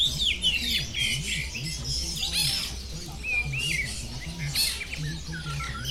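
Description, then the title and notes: Birds singing, lively squawks, rising whistles and fast chirps tumbling over one another, with a low pulsing hum below. Birds singing at the Bird Garden, Mongkok, Hong Kong, 15 February 2008; recorded with AKG condenser microphones in XY stereo. "香港 旺角 雀鳥花園 雀鳥唱歌 (內附有人類語言中的粗囗) Bird Singing in the Bird Garden, Mongkok, Hong Kong Date: 15 February 2008"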